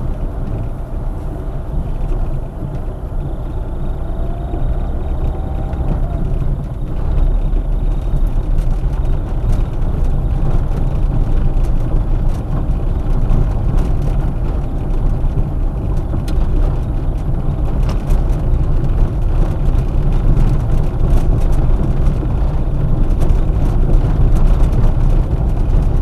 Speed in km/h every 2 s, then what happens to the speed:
14, 15, 16, 19, 21, 21, 22, 22, 23, 23, 23, 23, 23.
0-8 speeds up to 21. 8-26 steady at about 23.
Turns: none.